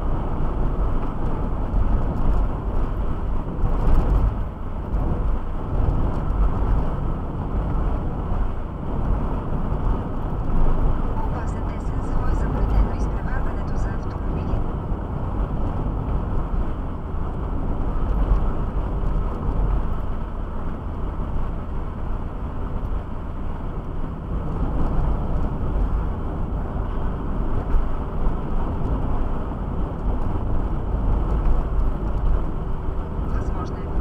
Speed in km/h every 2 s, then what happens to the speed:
63, 62, 63, 61, 61, 64, 62, 63, 61, 60, 59, 60, 62, 59, 57, 59, 57.
0-34 steady at about 61.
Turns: none.